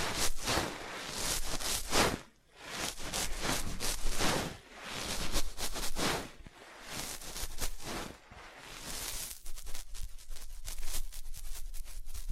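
Dense scratching and tracing strokes rub across a surface in bursts, each a rough, bright hiss lasting a second or two, with short quieter gaps near 2.5, 6 and 8 seconds. After about 9 seconds the sound turns into quicker, sharper taps and clicks.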